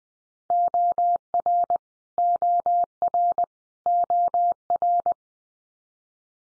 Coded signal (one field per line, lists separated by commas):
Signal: Morse code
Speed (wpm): 20 wpm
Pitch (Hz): 700 Hz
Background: none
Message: OR OR OR